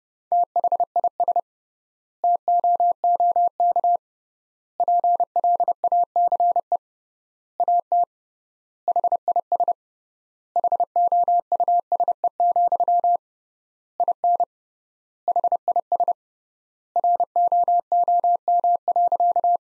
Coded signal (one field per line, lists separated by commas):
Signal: Morse code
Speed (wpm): 32 wpm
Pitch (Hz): 700 Hz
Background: none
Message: THIS TOOK PLACE AT HIS HOUSE, IN HIS ROOM.